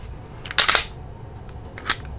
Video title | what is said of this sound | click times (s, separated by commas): SEMI AUTO PISTOL BASICS | you let slide go forward it will lock into place and we can see the chamber area is free and clear | 0.6 s